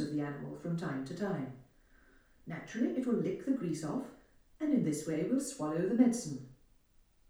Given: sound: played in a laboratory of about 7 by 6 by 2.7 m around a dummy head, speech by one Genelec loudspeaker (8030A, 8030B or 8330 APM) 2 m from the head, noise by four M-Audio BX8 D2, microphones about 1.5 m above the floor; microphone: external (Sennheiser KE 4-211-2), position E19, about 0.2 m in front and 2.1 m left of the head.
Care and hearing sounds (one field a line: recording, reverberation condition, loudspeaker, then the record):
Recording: female speech in English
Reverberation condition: medium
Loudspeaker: 150 degrees to the right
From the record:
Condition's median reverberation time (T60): about 510 ms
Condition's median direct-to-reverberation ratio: about -0.5 dB